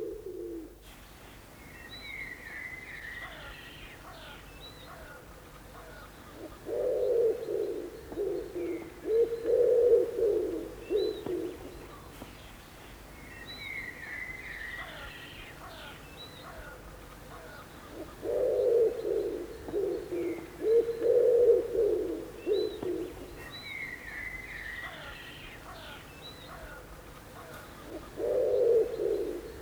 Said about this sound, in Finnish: Kun taas sepelkyyhkyn huuhu, huuhu, huuhu, paino toisella tavulla.